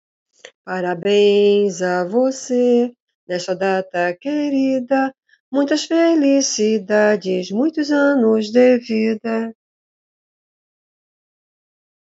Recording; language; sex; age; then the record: short text; Brazilian Portuguese; female; 50 to 59 years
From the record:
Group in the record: control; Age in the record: 59 years